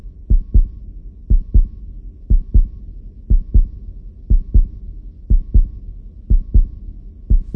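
Steady, deep double thumps, a lub-dub pair about once per second, roughly 60 beats a minute, over a low hum. The rhythm is regular. This is a stock sound-effect heartbeat, an alive heartbeat.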